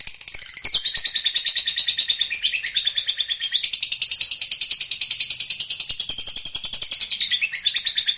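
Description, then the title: Lovebird song: a dense, fast chattering of high, buzzy notes that runs without a break throughout with a rapid, pulsing rhythm. Used to provoke a reluctant lovebird into singing spontaneously. "LOVEBIRD Malas Bunyi JADI GREGET SPONTAN Langsung NARIK"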